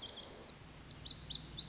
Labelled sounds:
Lazuli Bunting (Passerina amoena)
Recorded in Sonoma County, California

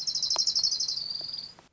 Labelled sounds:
Orange-crowned Warbler (Leiothlypis celata)
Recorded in Sonoma County, California

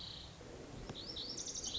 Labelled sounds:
Lazuli Bunting (Passerina amoena)
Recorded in Sonoma County, California

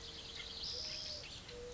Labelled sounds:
Spotted Towhee (Pipilo maculatus)
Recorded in Sonoma County, California

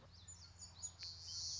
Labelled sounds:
Common Yellowthroat (Geothlypis trichas)
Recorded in Sonoma County, California

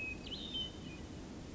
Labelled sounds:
Hermit Thrush (Catharus guttatus)
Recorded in Sonoma County, California

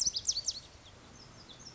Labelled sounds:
Lazuli Bunting (Passerina amoena)
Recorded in Sonoma County, California

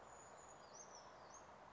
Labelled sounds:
Brown Creeper (Certhia americana)
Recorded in Sonoma County, California

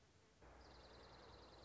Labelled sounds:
Dark-eyed Junco (Junco hyemalis)
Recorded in Sonoma County, California

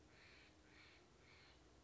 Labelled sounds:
Steller's Jay (Cyanocitta stelleri)
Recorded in Sonoma County, California

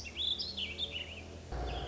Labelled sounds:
Warbling Vireo (Vireo gilvus)
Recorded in Sonoma County, California

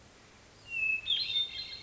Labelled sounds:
Hermit Thrush (Catharus guttatus)
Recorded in Sonoma County, California

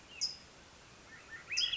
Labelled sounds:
California Towhee (Melozone crissalis)
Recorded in Sonoma County, California

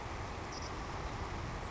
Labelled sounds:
Savannah Sparrow (Passerculus sandwichensis)
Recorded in Sonoma County, California

